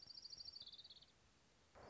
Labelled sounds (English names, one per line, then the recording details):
Orange-crowned Warbler
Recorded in Sonoma County, California